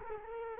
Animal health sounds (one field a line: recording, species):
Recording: mosquito wingbeat signal from an infrared sensor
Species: Culex quinquefasciatus